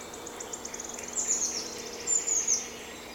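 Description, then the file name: Eurasian blue tit calls: two high, thin, rapid runs of notes about a second apart, with faint ticking and hiss underneath. "Cyanistes caeruleus"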